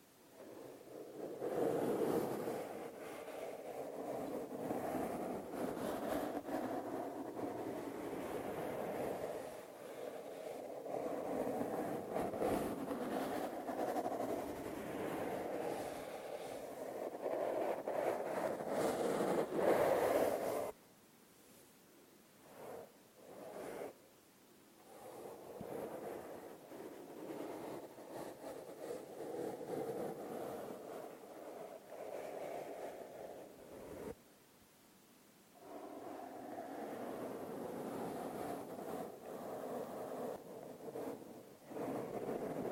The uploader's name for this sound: Microphone touching Intense brushing